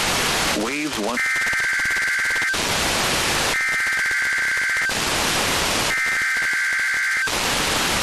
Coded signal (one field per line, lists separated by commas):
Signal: Emergency Alert System (SAME) tones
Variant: header bursts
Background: speech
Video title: NWR Weekly Tests (1/26/22)(EAS 1064-1065)